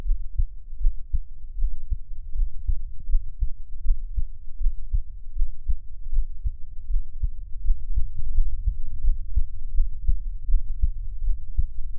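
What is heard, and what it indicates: Steady, soft low thumps repeat at about 79 beats a minute, heard close up with a faint low hum underneath. A resting adult heartbeat, the host's own, offered for ASMR listening with no talking and best heard through headphones.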